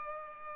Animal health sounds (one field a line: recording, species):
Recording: mosquito wingbeat signal from an infrared sensor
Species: Culex pipiens